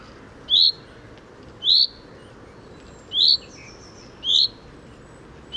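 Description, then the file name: Common chaffinch repeating a clear, high upslurred call note several times, with a light hiss of background noise. "Fringilla coelebs"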